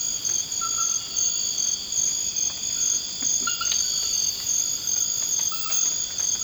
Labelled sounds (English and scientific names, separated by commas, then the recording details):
none
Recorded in dense forest near Puerto Asís, Putumayo, Colombia, on 24 March 2025 at 00:30
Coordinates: 0.481, -76.323
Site G088